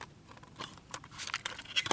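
An old plastic cassette case being handled, giving a run of crisp crinkles, clicks and rattles in uneven bursts that grow louder toward the end, with no voices.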